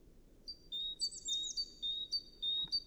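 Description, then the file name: Great tit giving repeated two-note whistles, high then low, in a steady rhythm, briefly overlapped by a short series of thin descending high notes. "Parus major"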